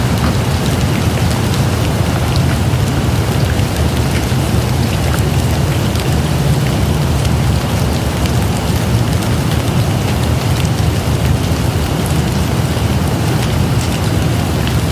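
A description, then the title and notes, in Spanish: Rain falls in a steady, dense downpour, a constant wash of drops with no letup across the whole stretch. Crisp patters flick through the upper range while a heavy low rumble sits underneath, and the level holds even from start to finish. Lluvia en Bucle sin Esfumarse.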